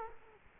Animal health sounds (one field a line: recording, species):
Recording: mosquito wingbeat signal from an infrared sensor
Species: Culex quinquefasciatus